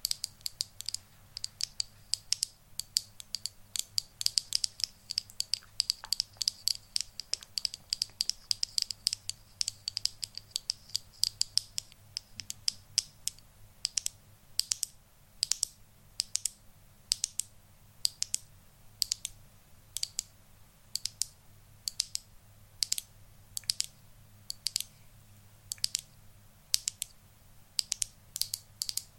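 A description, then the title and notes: Crisp tapping sounds, with rapid, dense clusters of bright clicks in the first twelve seconds or so. After that the taps slow to a steadier, evenly spaced rhythm, about two per second. A low hum sits quietly underneath throughout. ASMR Tapping For Sleep & Relaxation.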